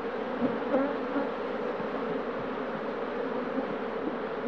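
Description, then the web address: Bee droning with an unbroken, even buzz, a low hum carrying faint higher overtones and minor wavering. "пчела"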